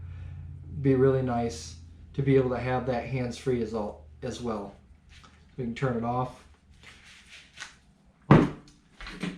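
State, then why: Seated. Someone talks while a smaller 1000-lumen dive flashlight is pushed into its hands-free holder or mount. It pops right in and seats with one sharp click at 8.3 s, followed by a few faint handling sounds.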